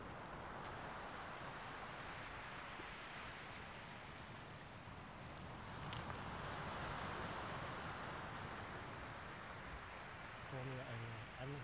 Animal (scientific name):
Vulpes lagopus